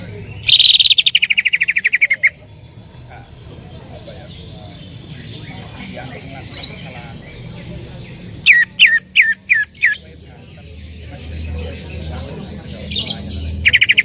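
Bird song opening with a rapid descending buzzy trill, then quiet, then a burst of several loud, sharp falling notes and a brief trill at the end.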